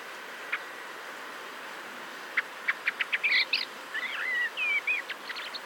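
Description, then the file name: Common blackbird calls: isolated sharp ticks speeding into a run of high, squeaky chattering notes that fade with a few final chips, over soft background hiss. "Turdus merula"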